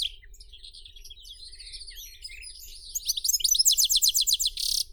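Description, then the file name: European goldfinch song of thin twitters building into a fast, bright trilled run, with a low steady hum underneath. "Golosa ptic - CSHegol Carduelis carduelis"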